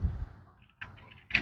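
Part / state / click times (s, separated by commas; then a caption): climate control display panel onto HVAC control board/console / not seated / none. A plastic climate control display panel from a 2023 Ford Maverick's original XL console is lined up and handled against the swapped XLT HVAC control board during a digital temperature knob swap. Low rubbing and scraping noises are followed by a sharp plastic tap at about 1.35 s. Nothing has seated or snapped in yet.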